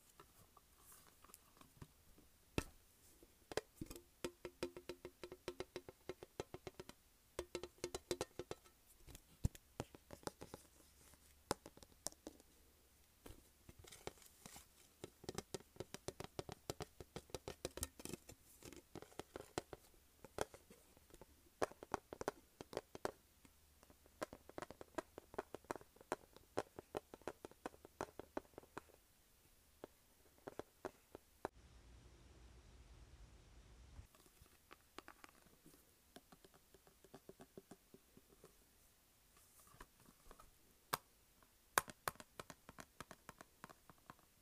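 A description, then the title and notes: Fingernails tap and scratch on a makeup palette in quick, irregular bursts of sharp clicks, with brief pauses between runs. Around the 32-second mark the tapping stops for a few seconds, leaving a low muffled rumble before the clicking resumes. Tapping and scratching makeup pallet.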